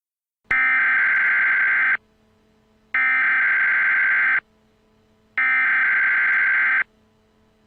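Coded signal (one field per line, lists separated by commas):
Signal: Emergency Alert System (SAME) tones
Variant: header bursts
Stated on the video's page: Fictional emergency broadcast for a zombie-virus outbreak; a recreation, not real.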